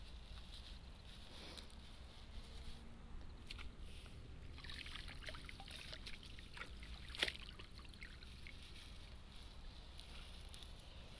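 Rice seedlings are pulled one by one from a flooded nursery bed and bundled with straw. Soft splashes, drips and rustles come in loose, irregular bursts over a steady low rumble, with one sharp snap just past the seven-second mark.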